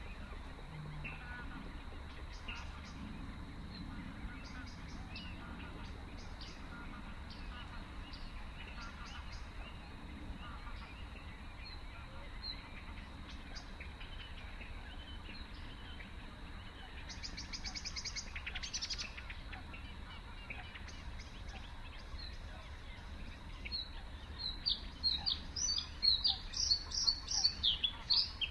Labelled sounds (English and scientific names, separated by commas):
Bluethroat (Luscinia svecica) song